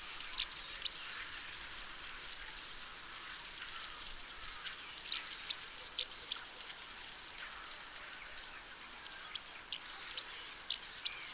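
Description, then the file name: Great tit uttering three short bursts of high, thin whistled phrases with falling slides, separated by several seconds of quiet background hiss. "Parus major"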